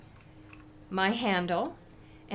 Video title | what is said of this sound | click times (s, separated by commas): Elegant Bouquet Convention Swap card | and the end piece and then i'm going to snap it in | 0.5 s